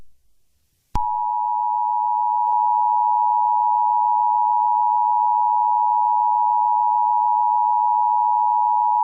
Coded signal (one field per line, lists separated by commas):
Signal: Emergency Alert System (SAME) tones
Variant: 853 and 960 Hz attention tone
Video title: EAS Scenario #36: Bowser Attacks